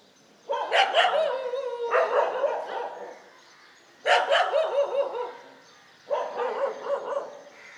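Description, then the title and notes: Dog barking in three bouts of rapid, hoarse barks with a thin whine mixed into the first, quiet pauses between bouts. Several dogs barking together in morning street ambience on Mission Street, MG Road area, Puducherry, India. "WRMJ+487, Mission St, MG Road Area, Puducherry, 605001, Inde - Concert de chiens. Ambiance matinale sur Mission Street - Concert de chiens. Prise de sons : JF CAVRO"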